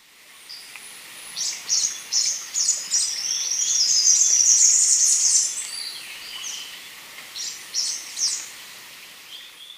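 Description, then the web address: Three-striped warbler calls, high thin chips building into a rapid twittering burst around the middle, then scattered chips again. Recorded in Ecuador. "Natures Songs S America Birds of Ecuador Three-striped Warbler"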